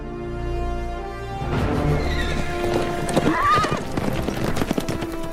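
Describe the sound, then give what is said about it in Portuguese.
A horse whinnies with rising, wavering cries while hooves clip-clop in an uneven rhythm underneath, over a low steady rumble; no one speaks. “Você já andou de cavalo?”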